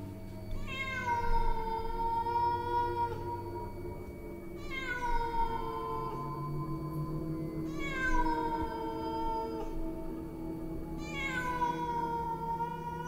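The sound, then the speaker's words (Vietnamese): A black cat held in a man's arms meows four times at slow, spaced intervals, each call long and drawn out, starting high and sliding lower, over a steady low background hum. “Trong lòng của anh ta ẵm một con mèo đen. Con mèo đang kêu lên vài tiếng”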